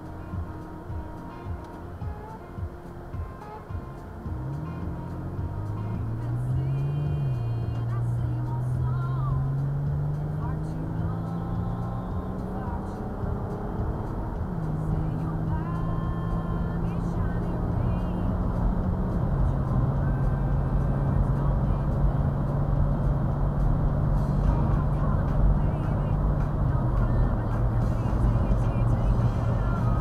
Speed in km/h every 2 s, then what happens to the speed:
18, 15, 27, 44, 58, 72, 84, 92, 98, 103, 106, 111, 113, 114, 114.
3-22 speeds up to 111. 22-30 steady at about 113.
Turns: 0-7.